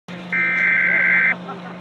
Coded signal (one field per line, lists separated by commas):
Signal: Emergency Alert System (SAME) tones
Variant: header bursts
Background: speech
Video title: Required Weekly Test (EAS #17) 7/6/16